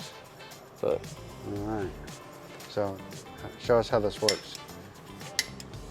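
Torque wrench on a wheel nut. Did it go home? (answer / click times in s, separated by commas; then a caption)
yes / 5.4 s, 5.6 s. A click-type torque wrench is put on a wheel nut that has already been torqued, while someone talks. The wrench gives a sharp metallic click at 5.4 s and a second, fainter one at 5.6 s, showing it has reached its set foot-pounds.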